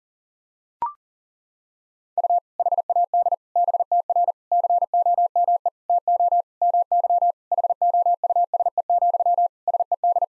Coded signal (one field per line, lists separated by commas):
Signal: Morse code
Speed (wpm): 40 wpm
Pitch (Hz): 700 Hz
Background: none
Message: U HAD BTR COME TO MY HOUSE, SED